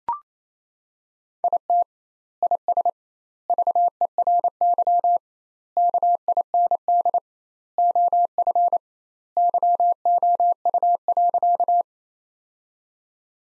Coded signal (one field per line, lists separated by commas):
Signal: Morse code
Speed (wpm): 28 wpm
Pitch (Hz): 700 Hz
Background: none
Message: IT IS VERY KIND OF YOU.